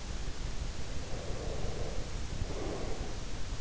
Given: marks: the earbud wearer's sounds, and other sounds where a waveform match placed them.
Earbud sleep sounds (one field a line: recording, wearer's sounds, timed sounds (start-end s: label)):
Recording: sounds in sleep by an in-ear microphone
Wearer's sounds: breath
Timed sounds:
0.97-3.35 s: breath